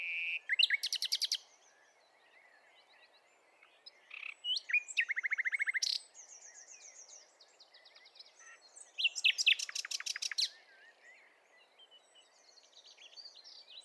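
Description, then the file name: Common nightingale song: fast buzzy trills and rattling bursts alternating with quieter whistled and chirping phrases. "Luscinia megarhynchos"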